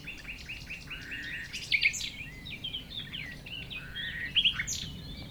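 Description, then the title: Common nightingale song: varied whistles and short chirps with a couple of louder notes, over a faint low rumble. Nightingales singing at 195 Rue de Vars, Chindrieux, France, a rototiller in the distance; recordist a few metres from the foreground singer. "195 Rue de Vars, Chindrieux, France - Rossignols"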